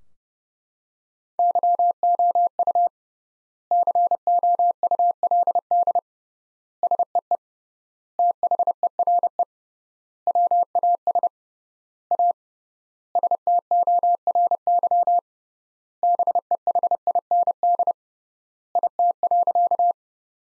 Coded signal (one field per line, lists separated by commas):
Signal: Morse code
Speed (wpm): 30 wpm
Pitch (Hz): 700 Hz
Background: none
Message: YOU COULD SEE THERE WAS A STORY BEHIND IT.